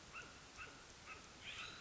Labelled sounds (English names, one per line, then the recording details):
California Scrub-Jay
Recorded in Sonoma County, California